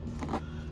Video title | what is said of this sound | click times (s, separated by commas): How To Replace Brake Light Bulb on Smart Car | that little click so it locks in place | 0.2 s